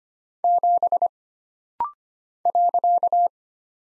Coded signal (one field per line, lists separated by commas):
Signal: Morse code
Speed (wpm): 25 wpm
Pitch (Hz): 700 Hz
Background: none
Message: 7 .